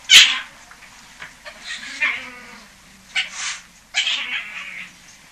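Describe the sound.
European otter making a sharp, brief squeak, then several breathy, hissing huffs.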